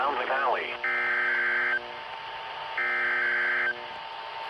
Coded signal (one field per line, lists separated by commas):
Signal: Emergency Alert System (SAME) tones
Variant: header bursts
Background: speech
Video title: (EAS #6) Required Weekly Test 5/21/25